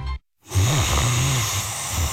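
After a brief silence, one low-pitched, rattling snore runs for about a second and a half over a steady hiss. This is plain snoring, the noisy breathing made when the soft tissues of the upper airway vibrate during sleep, a problem that can keep you up at night.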